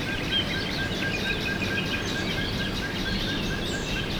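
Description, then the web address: Birds calling, with one short mid-pitched note repeated evenly and scattered high chirps over a dense, steady hiss. Birds recorded at dawn, 5 a.m. "poloska hajnal 5 ora madarak skalapotamia"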